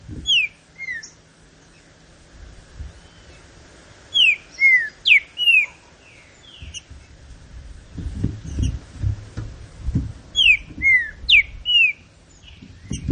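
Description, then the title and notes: Green-winged saltator song: short phrases of loud, slurred whistles given in three bursts, with thin high chips and low knocking thumps between. Classic song style (canto clássico) of the trinca-ferro, presented as a song for training. "Canto Clássico Trinca Ferro TREINAMENTO. trinca fero"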